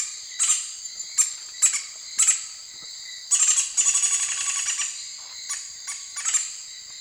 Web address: ENTER Music and Audio. Nature Songs S America Eastern Lowlands. Campephilus melanoleucos, call